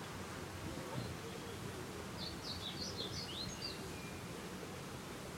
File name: Amaurospiza concolor - Blue Seedeater